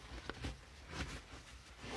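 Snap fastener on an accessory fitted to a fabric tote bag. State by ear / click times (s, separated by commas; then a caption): seated / 0.3 s. A snap fastener on an accessory piece, pushed through the grommets of a fabric utility tote, is pressed together and seats with a short, sharp snap at 0.3 s. Someone talks around the handling noise as the fastener closes easily.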